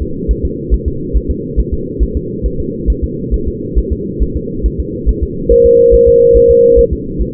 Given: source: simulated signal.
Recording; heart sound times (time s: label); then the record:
fetal heart sounds
0.02 s: S2
0.31 s: S1
0.45 s: S2
0.74 s: S1
0.88 s: S2
1.17 s: S1
1.31 s: S2
1.59 s: S1
1.73 s: S2
2.03 s: S1
2.17 s: S2
2.46 s: S1
2.60 s: S2
2.90 s: S1
3.04 s: S2
3.34 s: S1
3.48 s: S2
3.78 s: S1
3.93 s: S2
4.22 s: S1
4.37 s: S2
4.66 s: S1
4.80 s: S2
5.09 s: S1
5.23 s: S2
5.52 s: S1
5.66 s: S2
5.94 s: S1
6.08 s: S2
6.37 s: S1
6.51 s: S2
6.79 s: S1
6.93 s: S2
7.21 s: S1
From the record:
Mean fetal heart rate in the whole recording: 140 bpm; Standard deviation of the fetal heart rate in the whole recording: 2 bpm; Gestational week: 34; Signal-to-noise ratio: -6.6 dB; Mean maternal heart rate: 72 bpm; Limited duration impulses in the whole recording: present